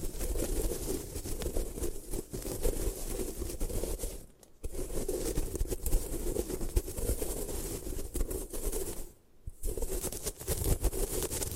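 Gym chalk is crushed and ground in a steady, dense run of gritty scraping and crunching, with a fuller low rumble underneath. The grinding pauses briefly twice, near four seconds and again around nine seconds, then resumes just as rough.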